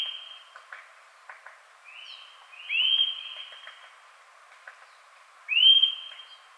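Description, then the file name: Eurasian nuthatch calling with upswept whistles, a soft one then two louder ones spaced a few seconds apart, with faint clicks and ticks beneath. "Sitta europaea"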